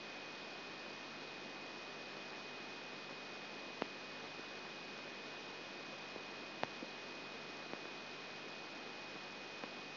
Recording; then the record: brain microelectrode recording played as sound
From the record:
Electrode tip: outside the subthalamic nucleus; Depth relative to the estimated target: -3 mm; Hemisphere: left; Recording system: AlphaMap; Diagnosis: Parkinson's disease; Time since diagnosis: 12 years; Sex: female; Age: 47 years